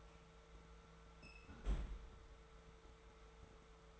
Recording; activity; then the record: daily activity, microphone in the room; close fridge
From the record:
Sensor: 3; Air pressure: 1014.8 hPa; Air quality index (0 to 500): 195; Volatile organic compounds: 26 ppm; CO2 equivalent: 2852 ppm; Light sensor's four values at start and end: 12/29/11/12 and 12/29/12/12